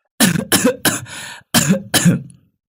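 A sick man coughs five times in two quick bursts, harsh and raspy, with a brief pause between the first three coughs and the last two. No one speaks.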